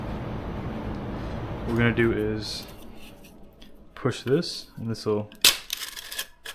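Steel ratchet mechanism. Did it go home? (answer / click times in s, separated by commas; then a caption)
released / 5.7 s. Someone talks while pushing the release on a metal band-type piston ring compressor. The ratchet releases with a sharp click at 5.7 s, freeing the gear so the band can expand, followed by a few faint ticks.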